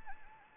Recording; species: mosquito wingbeat signal from an infrared sensor; Anopheles gambiae